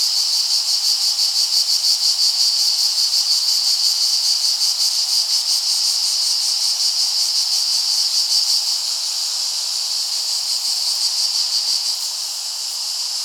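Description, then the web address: Cicada song, a steady high hissing buzz pulsing about three times a second, fading slightly toward the end. "bg-cicadidae plebejus"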